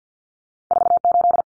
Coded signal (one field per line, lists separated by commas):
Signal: Morse code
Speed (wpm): 50 wpm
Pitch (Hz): 700 Hz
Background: none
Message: 48